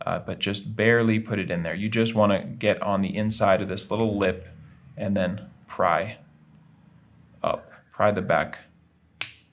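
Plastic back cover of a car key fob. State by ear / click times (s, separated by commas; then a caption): released / 9.2 s. Someone talks while the tip of the key is inserted just barely into the keyhole of a 2008–2011 Cadillac STS key fob, catching the inside of the lip on the fob's plastic back cover and prying it up to replace the battery. At 9.2 s the first snap catch releases with a sharp click, the cover starts to open, and that first click is the signal to stop prying.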